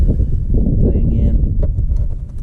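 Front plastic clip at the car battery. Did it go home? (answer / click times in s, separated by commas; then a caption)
no / none. Someone talks while handling the front plastic clip at the battery of a 2018 Malibu, about to press it back into place after the new battery is installed. Low, rumbling, windy noise fills the clip, with brief handling taps near 1.6, 1.8 and 2.5 seconds. Nothing has seated or clicked yet.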